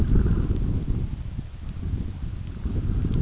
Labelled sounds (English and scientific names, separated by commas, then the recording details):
none
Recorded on Arctic tundra, site UTQI-5, on 29 June 2018
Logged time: 16:00